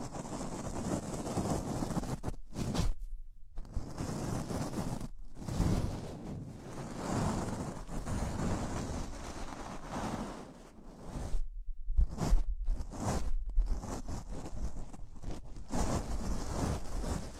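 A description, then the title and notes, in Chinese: Gloves are handled and rubbed, making rough rustling and scraping that runs in long uneven stretches. Short silent breaks fall around 3, 5 and 11–12 seconds, and the friction is fuller and louder in the middle and again near 12 seconds. 手套 使用6种不同手套为你耳膜按摩。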